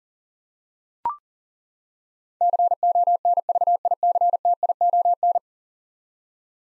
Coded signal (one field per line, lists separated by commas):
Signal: Morse code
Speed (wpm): 40 wpm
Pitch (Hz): 700 Hz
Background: none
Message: CONVICTION